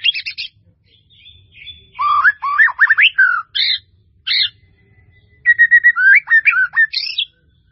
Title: murai batu